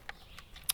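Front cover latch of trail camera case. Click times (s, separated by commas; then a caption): 0.7 s. The front cover latch on a plastic trail camera case is unlatched and the case pops open to show the controls. A few faint clicks come early, then a sharp, bright pop at 0.7 s as the latch releases and the cover opens.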